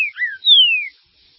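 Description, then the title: Green-winged saltator song: two short whistled notes followed by a long, loud, smoothly descending whistle. "Trinca Ferro"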